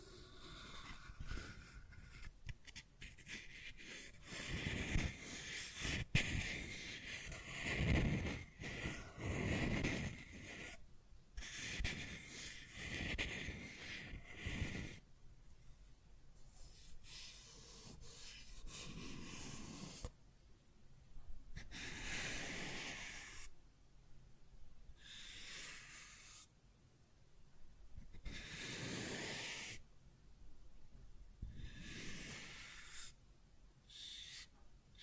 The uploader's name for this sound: Scratching and Tracing Sounds